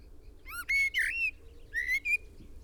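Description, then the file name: Common blackbird giving two close pairs of loud whistled notes, sweeping upward then held, separated by a short pause, above a soft low hum. "Turdus merula"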